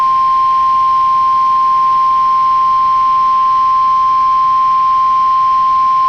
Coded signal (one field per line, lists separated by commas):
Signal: Emergency Alert System (SAME) tones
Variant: 1050 Hz attention tone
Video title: WXL52 Weekly Test (11/10/21)(EAS 980)